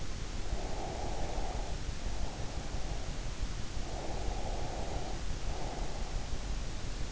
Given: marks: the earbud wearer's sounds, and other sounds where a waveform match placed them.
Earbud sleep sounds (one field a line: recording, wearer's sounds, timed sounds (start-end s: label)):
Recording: sounds in sleep by an in-ear microphone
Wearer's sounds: breath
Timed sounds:
0.54-3.10 s: breath
3.94-6.44 s: breath